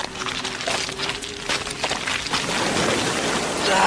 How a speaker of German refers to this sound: Boah, Igitt! Boah, blöde Gischt.